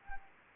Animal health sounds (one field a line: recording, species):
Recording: mosquito wingbeat signal from an infrared sensor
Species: Anopheles gambiae